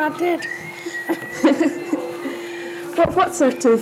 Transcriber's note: laughs